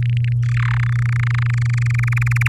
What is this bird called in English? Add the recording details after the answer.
Domestic Canary. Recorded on 8 May 2018 at 14:31. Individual llb16